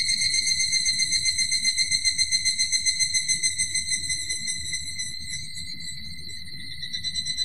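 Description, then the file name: Evening cicada call, a strong throbbing trill beating about four times a second, easing off midway while another cicada rings on, then pulsing again. "higurashi"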